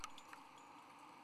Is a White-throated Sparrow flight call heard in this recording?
no